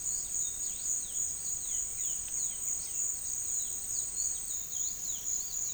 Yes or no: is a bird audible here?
yes